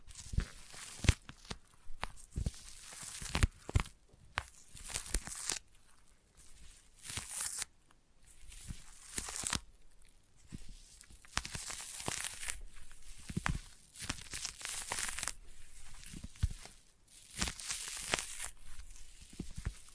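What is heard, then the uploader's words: Sticky tapping and peeling sounds follow one another closely, with sharp crackling tears and quick taps every fraction of a second. The sound is bright, with a few longer tearing rasps around 2, 7, 12 and 18 seconds. ASMR Intense Sticky Tapping and Sticky Triggers (No Talking).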